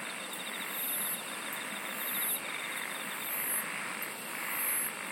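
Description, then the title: Insect chorus with high shrill bursts about every 1.3 seconds, a rapid pulsed trill early on, and a constant buzzing hiss. "SINGING OF INSECTS"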